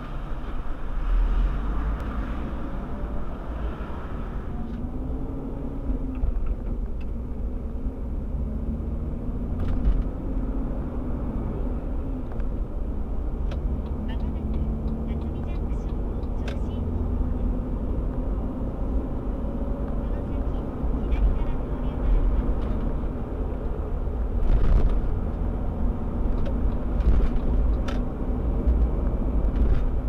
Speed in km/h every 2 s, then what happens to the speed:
6, 16, 25, 33, 37, 47, 49, 54, 62, 65, 71, 71, 69, 74, 76.
0-20 speeds up to 71. 24-30 speeds up to 76.